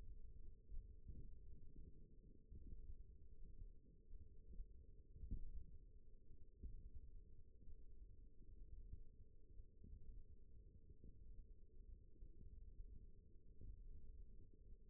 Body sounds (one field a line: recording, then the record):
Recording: forearm muscle sounds (acoustic myography)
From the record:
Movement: thumb flexion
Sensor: system 1, eight BSWA MPA416 microphones around the upper forearm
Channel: 2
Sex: female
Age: 20 years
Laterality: right